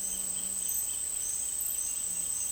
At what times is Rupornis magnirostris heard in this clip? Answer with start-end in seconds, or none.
0.00-2.51